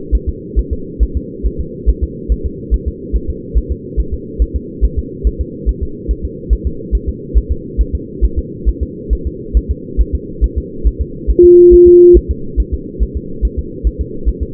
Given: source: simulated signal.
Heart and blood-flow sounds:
fetal heart sounds
0.15 s: S1
0.29 s: S2
0.59 s: S1
0.73 s: S2
1.03 s: S1
1.17 s: S2
1.46 s: S1
1.61 s: S2
1.90 s: S1
2.04 s: S2
2.32 s: S1
2.46 s: S2
2.74 s: S1
2.88 s: S2
3.16 s: S1
3.30 s: S2
3.58 s: S1
3.72 s: S2
4.00 s: S1
4.14 s: S2
4.42 s: S1
4.56 s: S2
4.85 s: S1
4.99 s: S2
5.27 s: S1
5.41 s: S2
5.69 s: S1
5.83 s: S2
6.11 s: S1
6.25 s: S2
6.53 s: S1
6.67 s: S2
6.95 s: S1
7.09 s: S2
7.38 s: S1
7.52 s: S2
7.81 s: S1
7.95 s: S2
8.25 s: S1
8.39 s: S2
8.69 s: S1
8.83 s: S2
9.13 s: S1
9.27 s: S2
9.57 s: S1
9.71 s: S2
10.01 s: S1
10.15 s: S2
10.44 s: S1
10.58 s: S2
10.87 s: S1
11.01 s: S2
11.31 s: S1
11.45 s: S2
11.74 s: S1
11.88 s: S2
12.17 s: S1
12.31 s: S2
12.60 s: S1
12.74 s: S2
13.03 s: S1
13.17 s: S2
13.45 s: S1
13.59 s: S2
13.87 s: S1
14.01 s: S2
14.28 s: S1
14.43 s: S2
From the record:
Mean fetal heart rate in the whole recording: 140 bpm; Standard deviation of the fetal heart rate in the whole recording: 2 bpm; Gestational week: 34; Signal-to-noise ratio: -4.3 dB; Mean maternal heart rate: 72 bpm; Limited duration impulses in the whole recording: present

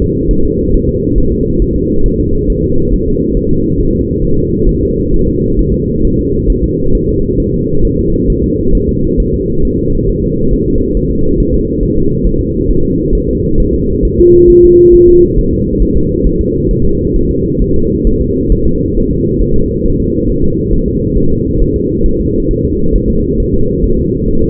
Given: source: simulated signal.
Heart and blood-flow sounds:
fetal heart sounds
0.02 s: S2
0.31 s: S1
0.45 s: S2
0.74 s: S1
0.89 s: S2
1.18 s: S1
1.32 s: S2
1.62 s: S1
1.76 s: S2
2.06 s: S1
2.20 s: S2
2.50 s: S1
2.64 s: S2
2.94 s: S1
3.08 s: S2
3.37 s: S1
3.51 s: S2
3.81 s: S1
3.95 s: S2
4.24 s: S1
4.39 s: S2
4.69 s: S1
4.83 s: S2
5.14 s: S1
5.28 s: S2
5.59 s: S1
5.74 s: S2
6.05 s: S1
6.19 s: S2
6.50 s: S1
6.64 s: S2
6.95 s: S1
7.09 s: S2
7.40 s: S1
7.54 s: S2
7.85 s: S1
7.99 s: S2
8.30 s: S1
8.44 s: S2
8.75 s: S1
8.89 s: S2
9.20 s: S1
9.34 s: S2
9.65 s: S1
9.79 s: S2
10.09 s: S1
10.24 s: S2
10.54 s: S1
10.68 s: S2
10.97 s: S1
11.11 s: S2
11.40 s: S1
11.54 s: S2
11.83 s: S1
11.97 s: S2
12.27 s: S1
12.41 s: S2
12.70 s: S1
12.85 s: S2
13.15 s: S1
13.29 s: S2
13.60 s: S1
13.74 s: S2
14.05 s: S1
14.19 s: S2
14.50 s: S1
14.64 s: S2
14.95 s: S1
15.09 s: S2
15.38 s: S1
15.53 s: S2
15.82 s: S1
15.97 s: S2
16.26 s: S1
16.41 s: S2
16.71 s: S1
16.85 s: S2
17.16 s: S1
17.31 s: S2
17.62 s: S1
17.76 s: S2
18.07 s: S1
18.21 s: S2
18.52 s: S1
18.67 s: S2
18.97 s: S1
19.11 s: S2
19.41 s: S1
19.56 s: S2
19.86 s: S1
20.00 s: S2
20.30 s: S1
20.44 s: S2
20.74 s: S1
20.88 s: S2
21.18 s: S1
21.32 s: S2
21.62 s: S1
21.76 s: S2
22.06 s: S1
22.20 s: S2
22.51 s: S1
22.65 s: S2
22.95 s: S1
23.10 s: S2
23.40 s: S1
23.54 s: S2
23.84 s: S1
23.99 s: S2
24.28 s: S1
24.43 s: S2
From the record:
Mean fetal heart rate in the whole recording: 135 bpm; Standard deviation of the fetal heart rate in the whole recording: 3 bpm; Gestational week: 36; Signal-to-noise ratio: -16.4 dB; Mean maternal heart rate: 72 bpm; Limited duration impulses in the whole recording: present

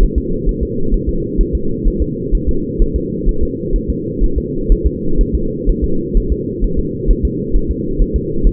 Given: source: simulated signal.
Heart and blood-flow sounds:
fetal heart sounds
0.03 s: S1
0.18 s: S2
0.49 s: S1
0.63 s: S2
0.94 s: S1
1.09 s: S2
1.41 s: S1
1.55 s: S2
1.88 s: S1
2.02 s: S2
2.35 s: S1
2.49 s: S2
2.82 s: S1
2.96 s: S2
3.29 s: S1
3.43 s: S2
3.76 s: S1
3.90 s: S2
4.24 s: S1
4.38 s: S2
4.72 s: S1
4.87 s: S2
5.21 s: S1
5.35 s: S2
5.69 s: S1
5.84 s: S2
6.17 s: S1
6.32 s: S2
6.64 s: S1
6.79 s: S2
7.11 s: S1
7.25 s: S2
7.56 s: S1
7.71 s: S2
8.02 s: S1
8.16 s: S2
8.47 s: S1
From the record:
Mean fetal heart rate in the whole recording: 130 bpm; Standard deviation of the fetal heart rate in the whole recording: 4 bpm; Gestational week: 38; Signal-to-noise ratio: -8.1 dB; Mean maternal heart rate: 72 bpm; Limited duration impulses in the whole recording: present

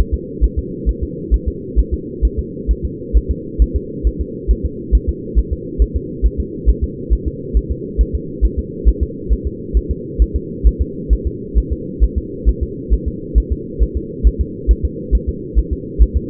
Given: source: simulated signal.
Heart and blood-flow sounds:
fetal heart sounds
0.14 s: S2
0.44 s: S1
0.59 s: S2
0.89 s: S1
1.03 s: S2
1.34 s: S1
1.48 s: S2
1.79 s: S1
1.94 s: S2
2.25 s: S1
2.39 s: S2
2.71 s: S1
2.85 s: S2
3.17 s: S1
3.31 s: S2
3.62 s: S1
3.76 s: S2
4.07 s: S1
4.21 s: S2
4.51 s: S1
4.65 s: S2
4.95 s: S1
5.09 s: S2
5.39 s: S1
5.53 s: S2
5.82 s: S1
5.96 s: S2
6.26 s: S1
6.40 s: S2
6.69 s: S1
6.84 s: S2
7.13 s: S1
7.28 s: S2
7.57 s: S1
7.71 s: S2
8.01 s: S1
8.15 s: S2
8.45 s: S1
8.59 s: S2
8.89 s: S1
9.03 s: S2
9.33 s: S1
9.47 s: S2
9.77 s: S1
9.91 s: S2
10.22 s: S1
10.36 s: S2
10.67 s: S1
10.81 s: S2
11.13 s: S1
11.27 s: S2
11.58 s: S1
11.73 s: S2
12.04 s: S1
12.18 s: S2
12.49 s: S1
12.63 s: S2
12.94 s: S1
13.08 s: S2
13.38 s: S1
13.52 s: S2
13.83 s: S1
13.97 s: S2
14.27 s: S1
14.41 s: S2
14.71 s: S1
14.85 s: S2
15.15 s: S1
15.29 s: S2
15.59 s: S1
15.73 s: S2
16.02 s: S1
16.17 s: S2
From the record:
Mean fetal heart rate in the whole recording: 135 bpm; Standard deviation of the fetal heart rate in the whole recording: 3 bpm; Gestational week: 34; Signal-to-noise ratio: -4.1 dB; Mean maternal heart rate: no maternal heart sound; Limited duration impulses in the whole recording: absent

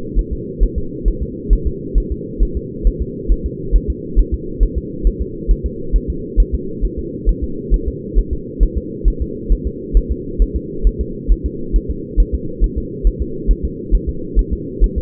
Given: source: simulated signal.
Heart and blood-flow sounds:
fetal heart sounds
0.19 s: S1
0.33 s: S2
0.63 s: S1
0.78 s: S2
1.08 s: S1
1.23 s: S2
1.53 s: S1
1.67 s: S2
1.98 s: S1
2.12 s: S2
2.43 s: S1
2.57 s: S2
2.87 s: S1
3.02 s: S2
3.32 s: S1
3.46 s: S2
3.76 s: S1
3.90 s: S2
4.19 s: S1
4.34 s: S2
4.63 s: S1
4.78 s: S2
5.07 s: S1
5.22 s: S2
5.51 s: S1
5.66 s: S2
5.96 s: S1
6.10 s: S2
6.40 s: S1
6.54 s: S2
6.85 s: S1
6.99 s: S2
7.29 s: S1
7.44 s: S2
7.74 s: S1
7.88 s: S2
8.19 s: S1
8.33 s: S2
8.63 s: S1
8.78 s: S2
9.08 s: S1
9.22 s: S2
9.53 s: S1
9.67 s: S2
9.97 s: S1
10.12 s: S2
10.42 s: S1
10.56 s: S2
10.87 s: S1
11.01 s: S2
11.32 s: S1
11.46 s: S2
11.76 s: S1
11.91 s: S2
12.20 s: S1
12.35 s: S2
12.64 s: S1
12.78 s: S2
13.07 s: S1
13.22 s: S2
13.51 s: S1
13.65 s: S2
13.95 s: S1
14.09 s: S2
14.39 s: S1
14.53 s: S2
14.84 s: S1
14.98 s: S2
From the record:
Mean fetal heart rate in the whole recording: 135 bpm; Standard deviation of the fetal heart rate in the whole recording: 3 bpm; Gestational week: 36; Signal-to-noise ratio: -4.3 dB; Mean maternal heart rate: 72 bpm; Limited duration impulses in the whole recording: absent

